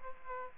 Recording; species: mosquito wingbeat signal from an infrared sensor; Aedes aegypti